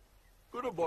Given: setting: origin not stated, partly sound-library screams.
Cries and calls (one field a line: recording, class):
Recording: one-second piece from a danger detection set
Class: normal situation